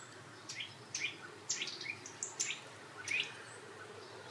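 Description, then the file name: Eurasian nuthatch calls: separate sharp notes that sweep down from high pitch, given singly and in uneven clusters over a quiet background. "Sitta europaea"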